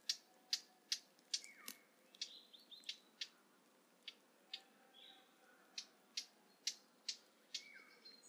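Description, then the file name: Eurasian blackcap giving hard, clicking tack calls repeated about twice a second, over steady background hiss, with a few faint whistled notes. "Sylvia atricapilla"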